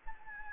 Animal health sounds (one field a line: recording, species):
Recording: mosquito wingbeat signal from an infrared sensor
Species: Anopheles gambiae